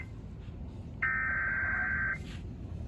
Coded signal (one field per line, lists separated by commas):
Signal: Emergency Alert System (SAME) tones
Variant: header bursts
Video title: Severe Thunderstorm Warning For My County EAS#712 KPBX-FM